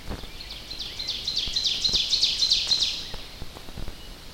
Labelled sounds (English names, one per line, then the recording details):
Ovenbird song
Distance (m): 35 m
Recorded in boreal forest in Alberta, Canada, on 10 June 2016 at 07:48
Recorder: SongMeter 3, array SBT-3-39
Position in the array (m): 325 m, 145 m
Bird 19